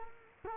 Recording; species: mosquito wingbeat signal from an infrared sensor; Culex quinquefasciatus